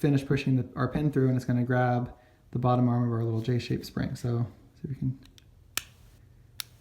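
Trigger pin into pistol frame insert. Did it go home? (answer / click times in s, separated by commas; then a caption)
yes / 5.8 s. A trigger pin is pushed through the trigger and frame insert of a CZ P10 pistol while someone talks, catching the lower arm of the small J-shaped spring. After the talking stops, a sharp click is heard at 5.8 s as the pin clicks into place and sits flush on both sides, with a fainter tick at 6.6 s.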